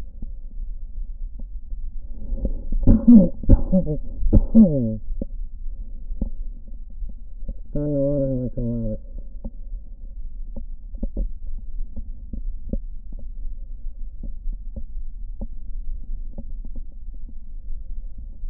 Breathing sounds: lung sounds by stethoscope; right anterior apical chest; quiet breathing, then cough and speech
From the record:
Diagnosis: COPD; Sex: male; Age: 64 years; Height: 166 cm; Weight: 92.7 kg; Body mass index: 33.6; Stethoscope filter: diaphragm mode

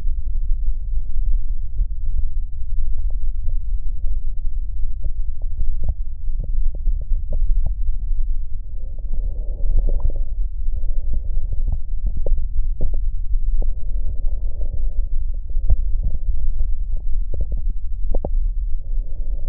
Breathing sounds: lung sounds by stethoscope; left posterior basal chest; quiet breathing, then deep breathing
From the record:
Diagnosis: interstitial lung disease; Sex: male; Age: 66 years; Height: 172 cm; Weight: 107.6 kg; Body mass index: 36.4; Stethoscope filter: extended mode

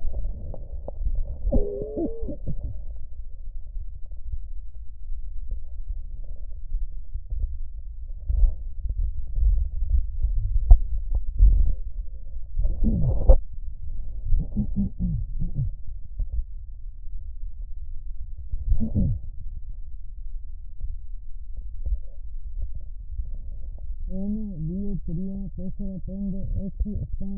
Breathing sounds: lung sounds by stethoscope; right anterior apical chest; quiet breathing, then cough and speech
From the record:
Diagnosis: pulmonary infection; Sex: female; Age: 74 years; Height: 160 cm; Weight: 66 kg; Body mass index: 25.8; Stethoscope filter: extended mode

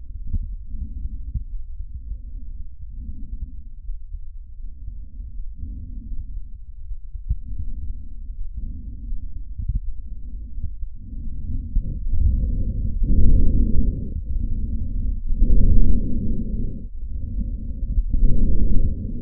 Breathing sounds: lung sounds by stethoscope; trachea; quiet breathing, then deep breathing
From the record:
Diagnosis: COPD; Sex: male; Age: 59 years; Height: 175 cm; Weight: 73 kg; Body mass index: 23.8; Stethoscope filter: bell mode

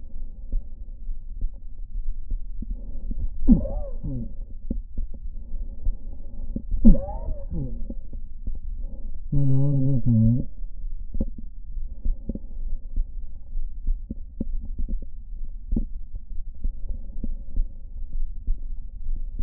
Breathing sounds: lung sounds by stethoscope; right anterior apical chest; quiet breathing, then cough and speech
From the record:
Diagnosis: COPD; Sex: male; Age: 57 years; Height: 165 cm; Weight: 85.7 kg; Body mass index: 31.5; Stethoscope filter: diaphragm mode

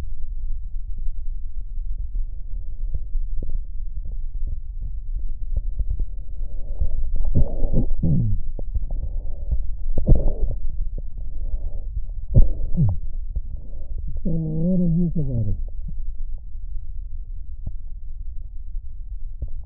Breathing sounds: lung sounds by stethoscope; right posterior basal chest; quiet breathing, then cough and speech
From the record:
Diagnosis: COPD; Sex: male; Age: 77 years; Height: 172 cm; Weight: 85.2 kg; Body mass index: 28.8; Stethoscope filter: extended mode

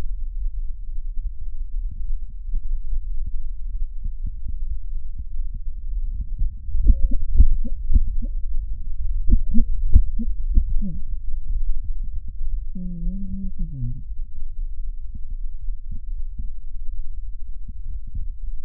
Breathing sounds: lung sounds by stethoscope; right anterior apical chest; quiet breathing, then cough and speech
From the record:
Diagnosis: asthma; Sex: female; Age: 66 years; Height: 172 cm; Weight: 76 kg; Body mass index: 25.7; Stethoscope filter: bell mode

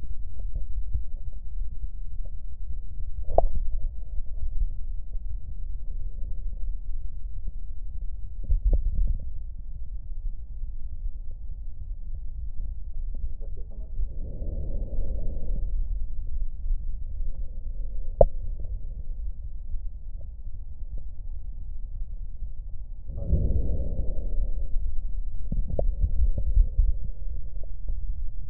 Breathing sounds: lung sounds by stethoscope; left posterior basal chest; quiet breathing, then deep breathing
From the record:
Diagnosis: none (healthy); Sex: male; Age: 35 years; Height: 186 cm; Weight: 108 kg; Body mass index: 31.2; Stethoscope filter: extended mode

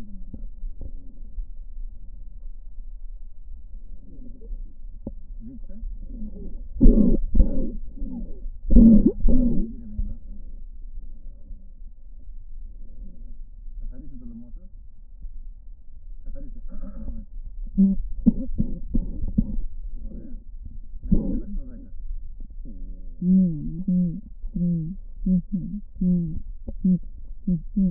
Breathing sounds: lung sounds by stethoscope; right posterior apical chest; quiet breathing, then cough and speech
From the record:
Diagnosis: asthma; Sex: female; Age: 56 years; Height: 161 cm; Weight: 85 kg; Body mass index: 32.8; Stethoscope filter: diaphragm mode

